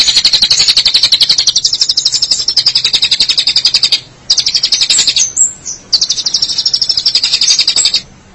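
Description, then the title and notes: Long-tailed shrike song: a fast series of high, buzzy notes, rapidly repeated, broken by brief pauses near four and six seconds, with one short whistled slur between. March 2017. "Pentet 201703. Suara burung pentet"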